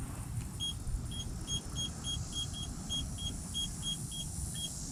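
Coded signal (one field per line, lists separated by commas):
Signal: none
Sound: car dashboard chime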